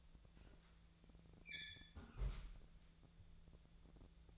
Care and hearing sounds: daily activity, microphone in the room; close fridge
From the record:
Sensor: 3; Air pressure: 1000.1 hPa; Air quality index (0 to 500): 131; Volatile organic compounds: 2 ppm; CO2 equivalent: 1168 ppm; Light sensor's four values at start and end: 43/108/46/50 and 43/108/46/50

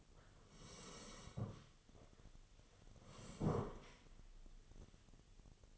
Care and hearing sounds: daily activity, microphone in the room; sit down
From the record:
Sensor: 4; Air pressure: 1016.1 hPa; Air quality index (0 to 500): 165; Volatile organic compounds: 6 ppm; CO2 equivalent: 1881 ppm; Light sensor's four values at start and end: 9/20/8/7 and 9/20/8/7

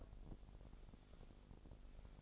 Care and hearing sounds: daily activity, microphone in the room; take from stove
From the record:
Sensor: 5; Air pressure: 999.4 hPa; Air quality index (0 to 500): 224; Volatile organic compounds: 21 ppm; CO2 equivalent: 2736 ppm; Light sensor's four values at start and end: 30/68/28/28 and 32/73/29/29

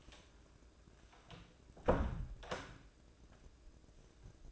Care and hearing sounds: daily activity, microphone in the room; close door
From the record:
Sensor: 2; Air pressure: 1012.2 hPa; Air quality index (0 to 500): 163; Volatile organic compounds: 2 ppm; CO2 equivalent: 1189 ppm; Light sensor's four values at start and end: 353/880/357/373 and 357/889/361/377

